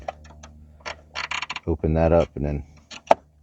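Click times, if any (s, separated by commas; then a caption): 3.1 s. After the retaining clip on the old hood lift strut's end fitting of a 2001 Jeep Grand Cherokee is pried open, the strut's socket end is popped off its ball stud. Someone talks over a few light clicks, then one sharp pop comes at 3.1 s. The socket is released from the ball stud.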